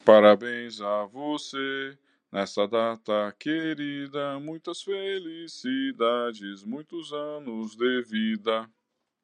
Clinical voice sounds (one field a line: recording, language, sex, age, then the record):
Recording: short text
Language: Brazilian Portuguese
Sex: male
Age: 30 to 39 years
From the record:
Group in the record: control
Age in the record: 39 years